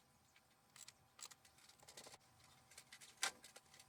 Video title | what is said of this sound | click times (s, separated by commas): 2.7 Liter Toyota Engine Cylinder Head (Valve) Cover Gasket Replacement | make sure your boots are seated all the way down push them down to your popping sound | 3.2 s